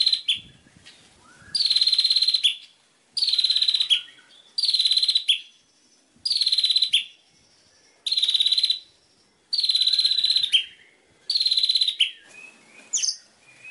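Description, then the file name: White-rumped shama repeating a buzzy, rattling phrase about every one and a half seconds, with a few soft whistles between phrases. Masteran tutor song used for training birds. "suara masteran murai batu"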